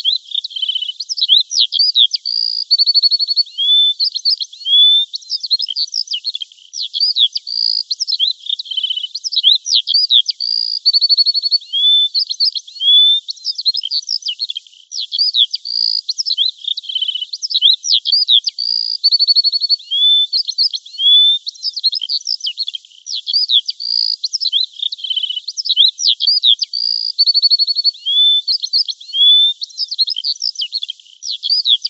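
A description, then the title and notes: Birds chirp and sing in the trees, a bright, high-pitched stream of rapid trills, whistles and quick rising notes that never stops for the full half minute. The calls come thick and close together, with a brief held whistle every few seconds and nothing lower underneath. Birds Chirping and Singing in the Trees.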